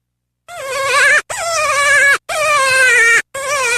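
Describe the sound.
Cottontail rabbit calls: three long, harmonic, bleating cries and the start of a fourth, each nearly a second long, the pitch wavering and slightly falling, separated by brief silences.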